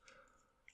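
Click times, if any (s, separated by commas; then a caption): 0.7 s. The leg of a plastic MakeToys Cross Dimension Striker Noir transforming robot figure is pulled up and extended, with faint handling noise early on. At 0.7 s a short, sharp click sounds as the leg joint locks into its fully extended position.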